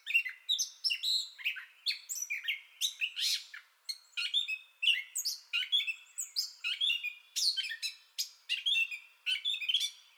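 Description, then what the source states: Gray catbird song, an unbroken sequence of squeaky whistles, chips and harsh buzzy notes delivered quickly and without pattern. Entire song bout, 30 May 2021.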